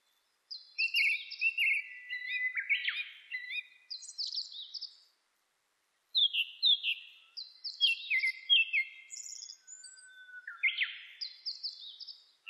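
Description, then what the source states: Japanese thrush song: varied clear whistled phrases with quick trills and downslurs, delivered in two bursts separated by a short silent pause. Recorded 26 April 2006.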